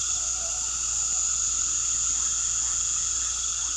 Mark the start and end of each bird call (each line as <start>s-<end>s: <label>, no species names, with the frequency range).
0.08s-1.21s: bird call (0.5-0.8 kHz)